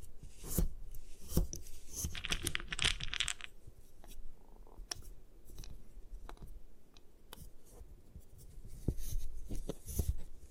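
Gym chalk being crushed and crumbled, with sharp crisp cracks and crunches scattered irregularly throughout, clustered around the first few seconds and again near the end. Between them come softer gritty scraping and rubbing sounds over a low steady rumble.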